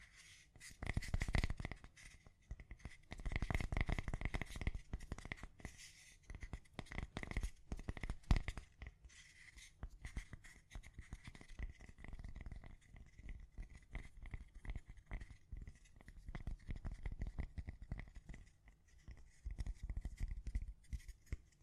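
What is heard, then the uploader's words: Gentle tapping runs in quick, dense clusters with short pauses, soft dull knocks over a faint steady whine throughout. ASMR Gently Tapping You to Sleep (No Talking).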